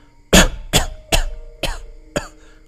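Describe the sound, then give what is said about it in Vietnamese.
A man's fit of violent, dry coughing: five harsh, loud coughs in quick succession, each a sharp burst that fades before the next, with no talking. “còn chưa dứt lời liền kịch liệt ho khan.”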